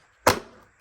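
The plastic cover of a Miele TurboTeq vacuum turbo brush head, under repair because the brush was not spinning, is pressed on over the belt and drive shaft. A single sharp snap is heard at 0.3 s, followed by a short fading tail. The cover is seated and fitted.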